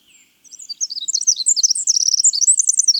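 Winter wren song, a tumbling run of high, tinkling notes and quick trills that builds in loudness and continues to the end.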